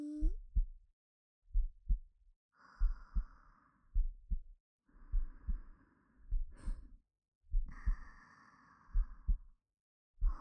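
Slow, regular paired lub-dub heartbeats under soft breathing sounds, heard with the ear pressed against an adult's chest; the heartbeat is slow right now. Ordinary heart sounds.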